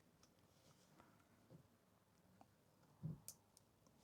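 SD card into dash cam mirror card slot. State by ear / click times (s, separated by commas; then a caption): seated / 3.3 s. A 64 GB SD card is pushed down into the card slot of an AZ Dome 4K dash cam mirror until the spring latch clicks. A few faint ticks lead up to a sharp click at 3.3 seconds, followed by a smaller tick just after. The card is seated in the slot.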